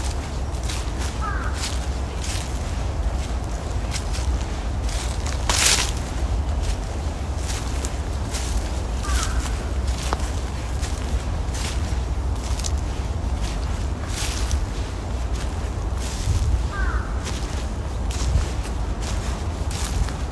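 Dry fallen leaves crunch and rustle underfoot in quick, irregular bursts, with a sharper crackle near six seconds. A bird gives a short call three times, spaced several seconds apart, while a low steady outdoor rumble sits beneath everything.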